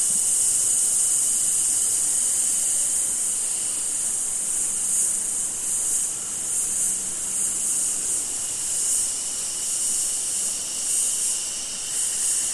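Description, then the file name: Cicada: shrill insect drone from cicadas, pulsing gently and unevenly over a steady high-pitched hiss. In a summer forest in Australia. "zapsplat nature forest amb summer insects cicada flies australia"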